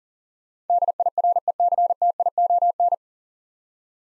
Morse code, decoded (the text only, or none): DIRECTION